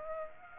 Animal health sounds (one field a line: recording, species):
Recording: mosquito wingbeat signal from an infrared sensor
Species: Aedes aegypti